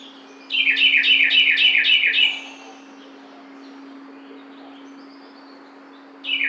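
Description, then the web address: Carolina wren song, a ringing burst of about seven quick repeated phrases lasting nearly two seconds, then quiet before another phrase starts at the very end. Recorded 12 June 2009. "Carolina Wren 2009 06 12"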